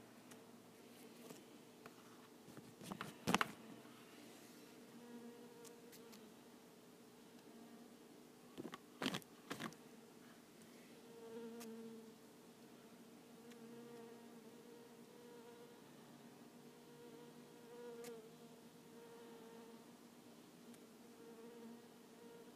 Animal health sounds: mosquito flight sound by mobile phone; Culiseta incidens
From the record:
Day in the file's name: 2

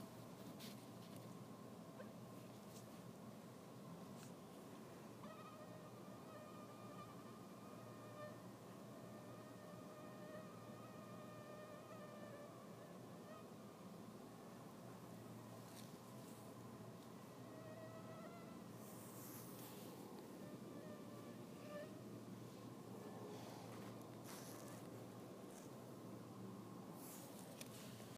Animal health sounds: mosquito flight sound by mobile phone; Anopheles minimus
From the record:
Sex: female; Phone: iPhone 6

